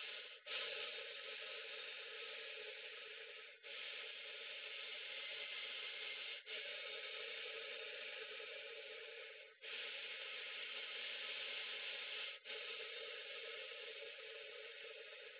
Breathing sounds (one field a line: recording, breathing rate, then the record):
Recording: paced breathing near a phone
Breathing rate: 10 breaths a minute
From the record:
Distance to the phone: 20 cm